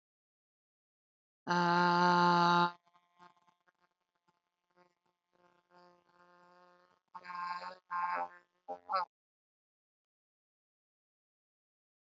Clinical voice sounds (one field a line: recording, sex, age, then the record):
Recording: vowel held as long as possible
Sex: female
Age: 30 to 39 years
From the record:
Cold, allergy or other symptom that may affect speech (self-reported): no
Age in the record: 37 years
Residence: California, United States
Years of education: 18